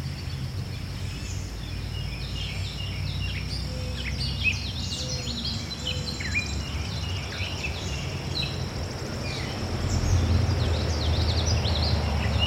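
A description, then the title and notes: Birds chirp and twitter busily throughout, many quick calls overlapping in the upper range, over a steady high insect whine. Beneath them a constant low rumble of traffic fills the background, swelling slightly louder near the end. Not sure if those are crickets constantly buzzing in the background? Lots of birds and of course vehicles. Recorder: Zoom H6 Mic: XYH-6 X/Y Capsule 120 Degrees Gain Setting: 6 Processing: Normalized gain.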